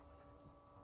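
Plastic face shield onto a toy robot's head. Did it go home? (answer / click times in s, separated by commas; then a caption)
no / none. The plastic face shield of a Jetfire transforming robot toy is being handled and brought to the head, where its square peg fits into a square socket. Only a steady, low hum with faint tonal lines and soft handling noise is heard. Nothing has seated or clicked yet.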